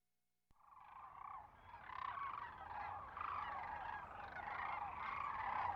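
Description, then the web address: Sandhill crane calls begin after a short silence, a rattling, bugling chorus that grows louder overall. Western North America. "Dan Gibson Wildlife Identification By Sound, Western North America. Sandhill Crane"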